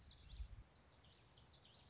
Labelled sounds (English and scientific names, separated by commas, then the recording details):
Common Yellowthroat (Geothlypis trichas)
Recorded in Sonoma County, California